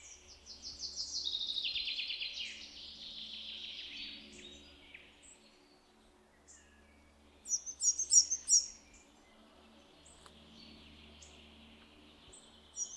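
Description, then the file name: Semi-collared flycatcher song: a rapid descending buzzy trill fading out, a quiet pause, then a short burst of high squeaky notes and a faint final note. "Balkanlugsnappare"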